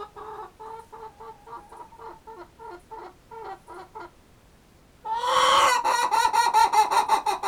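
Chicken clucking in a steady run of short notes, then a louder, harsher burst of rapid squawking clucks through the final seconds.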